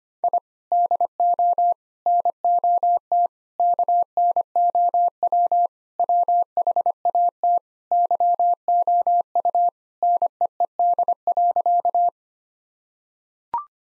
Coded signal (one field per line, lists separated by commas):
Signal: Morse code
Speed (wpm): 25 wpm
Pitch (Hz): 700 Hz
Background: none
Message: I DO NOT KNOW WHAT YOU NEED.